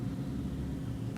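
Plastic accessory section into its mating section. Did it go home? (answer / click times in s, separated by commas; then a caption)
no / none. A plastic section of a cue-like accessory is rotated against its mating plastic section, meant to snap into place, over a steady low rumble with a faint brief tick near 1.2 s. Nothing has snapped or clicked into place yet; the pieces fail to lock together.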